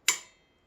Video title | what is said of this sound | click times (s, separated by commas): Fuji Feather Headset Upgrade | Hear it snap. | 0.1 s